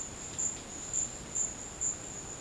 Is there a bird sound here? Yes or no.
no